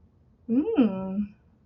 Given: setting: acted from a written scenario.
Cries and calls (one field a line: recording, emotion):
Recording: vocal sound without words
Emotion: desire